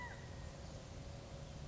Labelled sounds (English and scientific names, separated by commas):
California Quail (Callipepla californica)